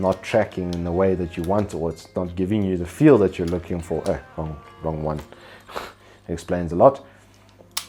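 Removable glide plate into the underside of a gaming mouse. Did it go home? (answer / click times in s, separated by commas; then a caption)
yes / 7.8 s. Someone talks while swapping the removable plastic glide plate on the underside of a Mad Catz R.A.T. Pro X3 gaming mouse for the alternate one and pressing it on. A few faint clicks lead into a sharp click at 7.8 s as the plate snaps into place and is seated.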